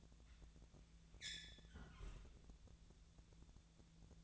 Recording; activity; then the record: daily activity, microphone in the room; close fridge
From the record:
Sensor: 3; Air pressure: 1000.0 hPa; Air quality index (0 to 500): 133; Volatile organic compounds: 2 ppm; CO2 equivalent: 1186 ppm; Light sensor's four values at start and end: 40/101/43/47 and 39/101/43/47